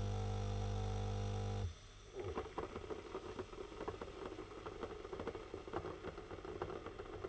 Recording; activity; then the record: daily activity, microphone in the room; make coffee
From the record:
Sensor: 4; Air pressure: 991.6 hPa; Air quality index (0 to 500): 131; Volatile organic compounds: 43 ppm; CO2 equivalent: 3200 ppm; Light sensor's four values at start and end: 17/55/21/20 and 17/53/20/20